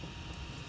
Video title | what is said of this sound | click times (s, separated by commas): Micro SD Card Overview | I push it in until it clicks it'll | 0.3 s